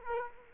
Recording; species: mosquito wingbeat signal from an infrared sensor; Culex quinquefasciatus